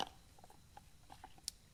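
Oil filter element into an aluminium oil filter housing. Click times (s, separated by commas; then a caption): 1.5 s. A new oil filter element is pushed onto an aluminium oil filter housing, over its steel sleeve, on a Toyota Land Cruiser 1VD diesel; the housing is from a 79 Series Land Cruiser and interchangeable with the 200 Series. Faint soft handling taps and scrapes with a small tick near 1.2 s lead to a single sharp, bright click at 1.5 s as the element seats firmly into the housing.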